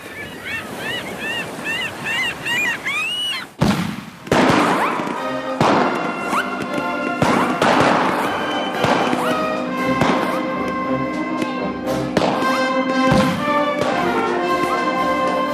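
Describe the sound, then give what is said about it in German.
A blue boat fleeing at sunset explodes with a sudden loud blast after a stretch of high, chirping whistles, followed by several more booms and crackling bursts over a steady rush of surf. “Mit einem Mal explodierte das Boot.”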